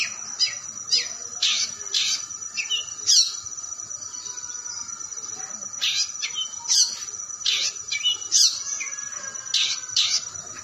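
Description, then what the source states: Long-tailed shrike song in bursts of rapid chirps and trills, a quieter gap near the middle, then more high, scratchy phrases, with a steady electronic-like whine throughout. Song style called kombinasi (combination).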